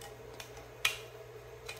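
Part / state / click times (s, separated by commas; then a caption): circuit board into plastic enclosure / seated / 0.8 s. A single wardriver or battery circuit board is pushed down into its plastic case until it snaps into place, seated. A sharp, bright click sounds at 0.9 s, with fainter ticks around 0.4 s and 1.7 s over a steady low hum.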